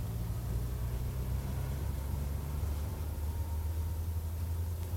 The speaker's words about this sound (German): Draußen fangen schon die Autos an zu fahren.